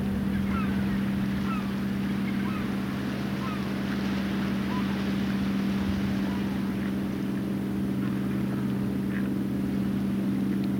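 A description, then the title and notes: A tractor engine drones steadily throughout, a low, even hum that never rises or fades. Above it, faint gull calls come and go at scattered moments, thin and brief against the constant rumble, with a soft hiss of wind underneath. Relax on a Gower headland while gulls call above and a tractor gathers hay. Listen to gulls as you sit on a headland overlooking the sea on the south Gower coast. Nearby a tractor bales hay as the last rays of afternoon sun light the fields. Recorded and presented by Hannah Tribe.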